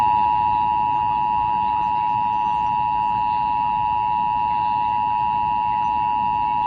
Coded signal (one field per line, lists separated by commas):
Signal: Emergency Alert System (SAME) tones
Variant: 853 and 960 Hz attention tone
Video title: This Week in Radio Tech 103: This Is Only A Test